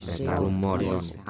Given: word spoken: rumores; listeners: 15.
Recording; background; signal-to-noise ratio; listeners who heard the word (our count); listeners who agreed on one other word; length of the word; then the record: one Spanish word in noise, from a listening test; four-talker babble; 0.1 dB; 2 of 15; 6 of 15; 0.90 s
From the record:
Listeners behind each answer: 6, 3, 2, 1, 1, 1, 1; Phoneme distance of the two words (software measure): 7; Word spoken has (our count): 3 syllables, 7 phonemes, stress on syllable 2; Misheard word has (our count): 3 syllables, 6 phonemes, stress on syllable 2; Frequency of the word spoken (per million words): 18.87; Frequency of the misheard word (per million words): 2.21